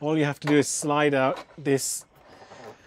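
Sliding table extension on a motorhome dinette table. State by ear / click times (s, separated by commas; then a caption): not seated / none. A sliding extension on a motorhome dinette table is handled as someone talks, with only faint low handling noise after the speech. Nothing has clicked or seated yet; the clip ends before the extension goes home.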